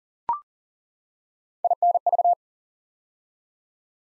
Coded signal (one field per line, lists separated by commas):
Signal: Morse code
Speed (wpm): 38 wpm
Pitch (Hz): 700 Hz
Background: none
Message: INV